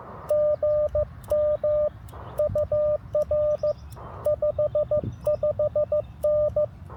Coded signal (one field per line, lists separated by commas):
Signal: Morse code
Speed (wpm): 15 wpm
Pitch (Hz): 590 Hz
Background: none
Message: GM UR 55N